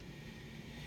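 The safety cut-off lever in a Wurlitzer jukebox record mechanism, which a jammed record cocks to cut power to the mechanism, is being reset by hand. Only a steady low hum with faint broadband hiss is heard, with no sudden sounds. Nothing has clicked back in yet.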